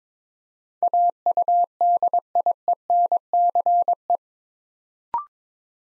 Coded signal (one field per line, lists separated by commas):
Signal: Morse code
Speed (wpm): 22 wpm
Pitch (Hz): 700 Hz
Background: none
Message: AUDIENCE